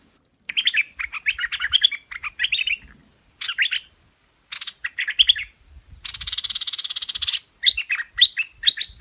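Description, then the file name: Hoanh Hoach bird song in chattering, squeaky phrases with pauses, interrupted by a sustained harsh, buzzy rasp of over a second before more chatter. "Tieng chim Hoanh Hoach Thom hot"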